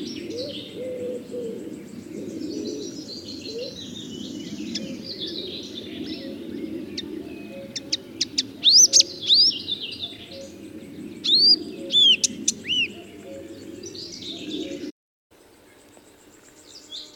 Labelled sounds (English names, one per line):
Marsh Warbler song